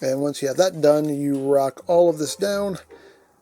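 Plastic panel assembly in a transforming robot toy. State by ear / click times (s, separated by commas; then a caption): not seated / none. Someone talks while handling the plastic panel assembly of a Legacy Commander Armada Optimus Prime transforming robot toy, which is about to be rocked down so the panel tabs into two slots. Nothing has seated or clicked yet in this clip.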